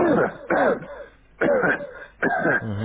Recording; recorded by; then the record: voluntary cough; telephone call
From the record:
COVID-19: positive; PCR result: checked with the laboratory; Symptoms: no